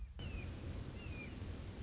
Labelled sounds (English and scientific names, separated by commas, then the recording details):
Red-shouldered Hawk (Buteo lineatus)
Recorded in Sonoma County, California